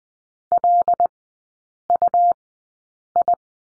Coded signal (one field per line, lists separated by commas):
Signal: Morse code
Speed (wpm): 20 wpm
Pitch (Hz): 700 Hz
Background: none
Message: LUI